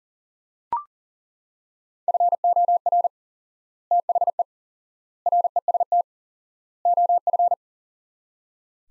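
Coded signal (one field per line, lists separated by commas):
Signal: Morse code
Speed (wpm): 40 wpm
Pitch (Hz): 700 Hz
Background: none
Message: FOR THE REST OF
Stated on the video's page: Morse code practice: sets of four words at 40wpm with 4x word spacing, a Farnsworth-like method for head-copying phrases; each set is sent, spoken, then sent again.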